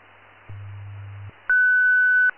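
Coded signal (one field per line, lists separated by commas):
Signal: radio time signal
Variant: WWV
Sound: low hum for under a second, brief pause, then one long clear high tone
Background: radio static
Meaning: The 1500 Hz tone marks the top of the hour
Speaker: at the tone 22 hours zero minutes coordinated universal time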